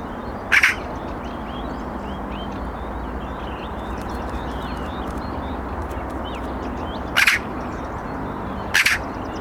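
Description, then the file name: Eurasian magpie calls: single harsh chack notes, one early and two near the end, over a busy background of small bird chirps and low rumble. "Pica pica"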